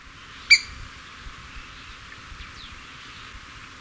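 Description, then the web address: Southern yellow grosbeak giving a single sharp, metallic call note, then faint bird notes against quiet background hiss. Recorded in Ecuador. "Birds of Ecuador. Southern Yellow Grosbeak"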